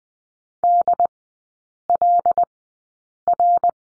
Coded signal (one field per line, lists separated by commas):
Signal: Morse code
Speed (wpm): 20 wpm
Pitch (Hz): 700 Hz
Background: none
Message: DLR